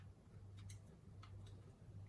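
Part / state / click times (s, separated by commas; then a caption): plastic linkage clip into interior door handle mechanism / seated / 0.7 s, 1.2 s. Inside the opened driver's door of a Ford Falcon with the door trim removed, a plastic linkage part is pushed back into its clip on the interior door handle mechanism, which may be why the interior handle wasn't opening. Two light ticks sound at 0.7 s and 1.2 s over a steady low hum as the linkage clicks in and is seated.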